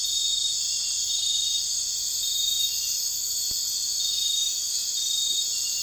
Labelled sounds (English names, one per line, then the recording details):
none
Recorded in dense forest near Puerto Asís, Putumayo, Colombia, on 21 March 2025 at 00:30
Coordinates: 0.484, -76.317
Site G064